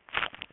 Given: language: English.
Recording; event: throat vibration sensor signal played as sound; swallow